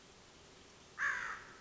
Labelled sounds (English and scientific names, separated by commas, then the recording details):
American Crow (Corvus brachyrhynchos)
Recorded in Sonoma County, California